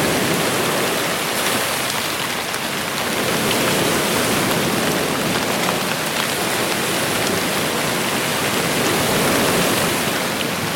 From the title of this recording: Rain on Beach White Noise